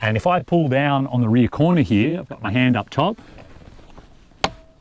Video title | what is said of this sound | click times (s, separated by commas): Ultimate Jeep Camper - Ursa Minor J30 pop-up roof in depth review | oh yeah you heard it click and then it unclicked so it didn't actually latch it got close i'll pull a bit harder | 4.4 s